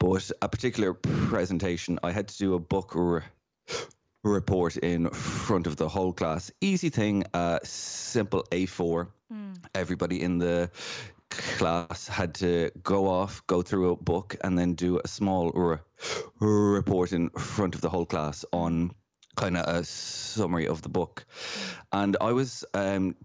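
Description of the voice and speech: An adult man with a lifelong stammer, now an instructor in a stammering programme, speaks deliberately in complete control, with stretched consonants, held sounds and pauses, using costal breathing as a fluency technique to manage his stammer.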